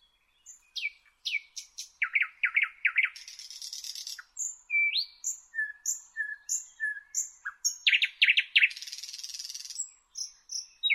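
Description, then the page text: Thrush nightingale singing rhythmic series of knocking notes, a harsh buzz, repeated soft whistled slurs, then more rattles and another buzzy burst. "Jelmer Poelstra - Обыкновенный соловей (Luscinia luscinia)"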